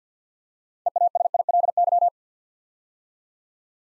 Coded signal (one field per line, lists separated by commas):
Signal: Morse code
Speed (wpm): 52 wpm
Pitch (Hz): 700 Hz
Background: none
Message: EASILY